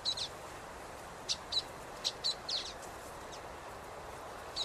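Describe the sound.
Common waxbill calls: short, sharp, high chirps, given singly and in quick pairs, several notes spread throughout over a steady background hiss.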